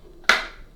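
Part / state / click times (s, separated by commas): filter assembly halves in a vacuum cleaner dust cup / seated / 0.3 s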